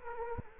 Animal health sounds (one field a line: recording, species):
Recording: mosquito wingbeat signal from an infrared sensor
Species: Culex quinquefasciatus